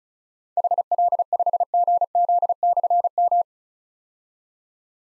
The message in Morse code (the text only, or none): HL5GZ/M